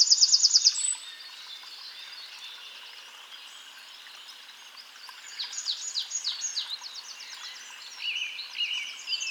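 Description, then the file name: Eurasian wren song: opens with a brief, loud rattling trill, then a quiet pause before softer bursts of quick high notes and trills return. "Troglodytes troglodytes"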